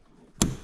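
A plastic retaining clip on a Grand Cherokee door is snapped back onto the door latch rod after the rod is pushed through its hole, during a window regulator replacement. After a quiet lead-in, one sharp broadband snap sounds at 0.4 s, followed by a short decaying tail. The clip seats onto the rod.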